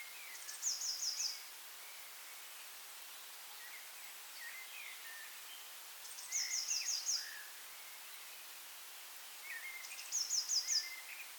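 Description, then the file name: Eurasian blue tit song: three phrases, each a high thin introductory note followed by a quick trill, with gaps of a few seconds over steady background hiss. "Cyanistes caeruleus"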